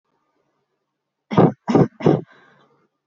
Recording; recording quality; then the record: shallow voluntary cough; excellent, no background noise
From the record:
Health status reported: respiratory illness, not identified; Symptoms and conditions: none ticked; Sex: female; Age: 22 years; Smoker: not ticked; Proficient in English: yes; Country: India